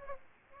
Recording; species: mosquito wingbeat signal from an infrared sensor; Aedes aegypti